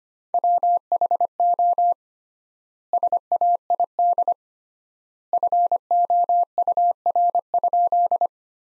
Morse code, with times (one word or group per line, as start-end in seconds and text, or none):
0.3-1.9 WHO
2.9-4.3 SAID
5.3-8.3 FOUR?